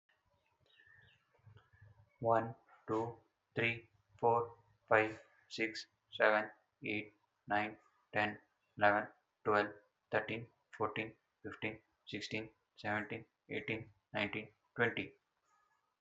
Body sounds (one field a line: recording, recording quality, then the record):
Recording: counting at a normal pace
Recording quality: excellent, no background noise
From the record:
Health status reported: healthy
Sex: male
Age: 23 years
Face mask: not worn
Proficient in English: yes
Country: India